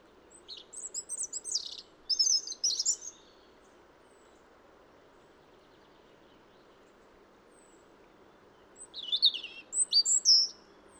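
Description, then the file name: European robin singing two bursts of thin, tinkling, rapidly changing notes, separated by roughly six seconds of quiet background rumble. "Erithacus rubecula"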